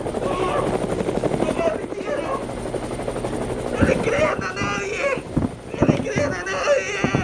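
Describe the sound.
A helicopter flies by, its rotor blades thumping in a fast, steady rhythm with a loud engine roar, while voices talk excitedly over the noise.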